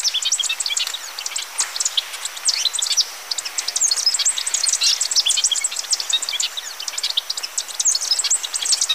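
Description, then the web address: Golden-rumped euphonia song, a busy tumble of sharp, high chips and short twitters running almost continuously, with a brief lull about a third of the way through. Recorded in Ecuador. "Birds of Ecuador. Golden-rumped Euphonia"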